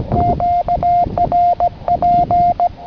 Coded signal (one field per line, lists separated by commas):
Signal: Morse code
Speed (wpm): 18 wpm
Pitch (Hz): 700 Hz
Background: none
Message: QRP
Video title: QRP operation Iota AS-105